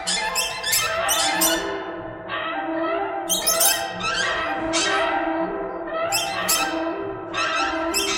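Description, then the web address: Birds give grating squawks in spaced bursts, each a short cluster of harsh notes, over a continuous lower chatter. "soundfactory birds"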